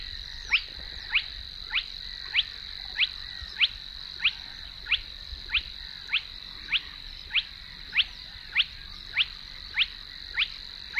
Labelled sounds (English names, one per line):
Spotted Crake